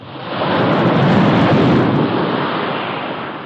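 A strong ocean wave crashes in a broad, roaring wash of white noise that swells within the first half second, then slowly recedes and hisses away. No voices are heard.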